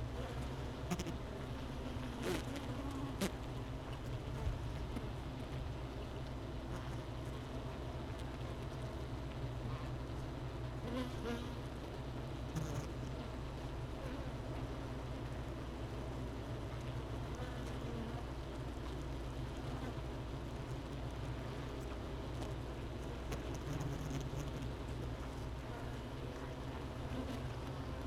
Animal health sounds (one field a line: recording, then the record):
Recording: honeybee colony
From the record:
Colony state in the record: missing queen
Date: 31 May 2018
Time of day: 13:29